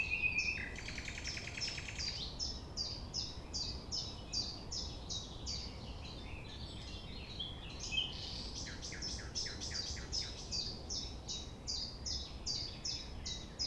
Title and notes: 6 A.M. Lever du soleil non loin de la Thève au Champ de Ménage. Le rossignol n'attend pas le silence.